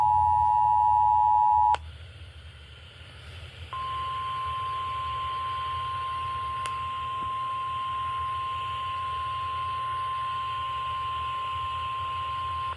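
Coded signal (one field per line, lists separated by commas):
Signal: Emergency Alert System (SAME) tones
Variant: 853 and 960 Hz attention tone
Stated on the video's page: Severe thunderstorm warning relayed on an FM broadcast station.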